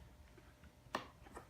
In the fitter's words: the female end plug in the male end listen for a click